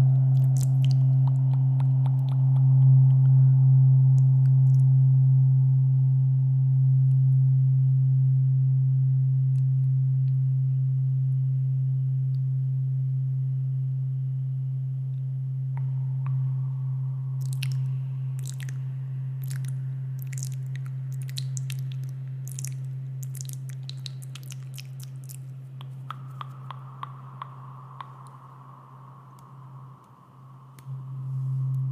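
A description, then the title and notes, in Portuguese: A low, steady tuning fork hum rings throughout, slowly fading, while sharp mouth clicks and smacks come in bursts during the second half. ASMR intenso com sons de boca e diapasão, um instrumento utilizado em testes medicinais que emitem frequências utilizadas como terapia alternativa para muitas situações.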